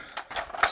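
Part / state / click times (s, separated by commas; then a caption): front cab section of a plastic transforming robot toy locking into the torso / seated / 0.6 s. The front of the truck cab on a plastic Transformers Rescue Bots Optimus Prime transforming robot toy is pulled forward toward the torso. Two softer plastic shuffles at about 0.2 s and 0.3 s lead up to one sharp, loud click at 0.6 s as the cab section locks into place in the torso.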